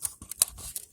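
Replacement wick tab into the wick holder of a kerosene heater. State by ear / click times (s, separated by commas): not seated / none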